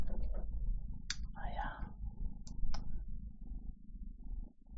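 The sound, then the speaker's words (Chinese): A cat purrs in a low, continuous rumble that holds steady throughout, with a few brief clicks and soft breathy noises scattered over it. “聽唔聽咕咕聲啊，各位？”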